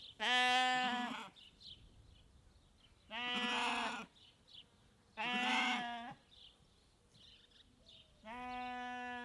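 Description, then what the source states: Sheep bleating, four calls about a second each, spaced a couple of seconds apart, with faint chirps between. Sheep on a ranch in Montana.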